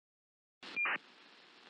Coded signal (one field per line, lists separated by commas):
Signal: ACARS aircraft data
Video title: 2018: Monitoring airplane communications (aviation radio signal monitoring via sdr)